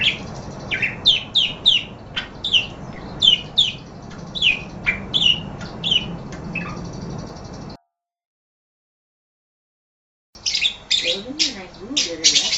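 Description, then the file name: Parakeet chattering, quick sharp chirps in irregular bursts, a silent break, then more dense chirping calls. "suara burung parkit. omkicau"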